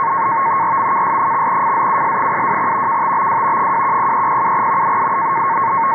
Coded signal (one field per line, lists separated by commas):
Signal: NAVTEX (SITOR-B)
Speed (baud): 100 baud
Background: radio noise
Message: RMKS/FZUS72 KTBW 210307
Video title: NAVTEX Message, 518 kHz, Norfolk, VA 21 Aug 2022 0500 UTC